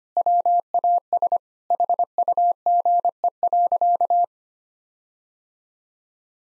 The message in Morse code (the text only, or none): WAS HUGE.